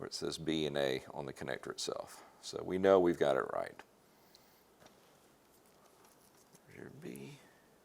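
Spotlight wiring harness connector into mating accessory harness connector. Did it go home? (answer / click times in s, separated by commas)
no / none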